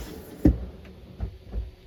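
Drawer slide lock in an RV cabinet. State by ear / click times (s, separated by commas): seated / 0.5 s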